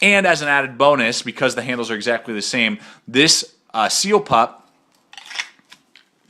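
Someone talks, then a series of short, sharp plastic-like clicks and scrapes is heard from about 5.1 to 6.0 s as a SOG Seal Pup fixed-blade knife, whose handle is identical to the SOG OPS knife's, is pushed into the same kydex sheath. It fits, but nothing has clicked or seated yet, and the knife can easily be thumbed out.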